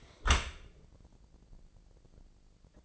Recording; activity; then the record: daily activity, microphone in the room; close dishwasher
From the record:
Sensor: 5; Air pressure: 1012.4 hPa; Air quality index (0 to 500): 157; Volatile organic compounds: 2 ppm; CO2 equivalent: 1067 ppm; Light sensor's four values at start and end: 104/250/105/118 and 103/248/105/117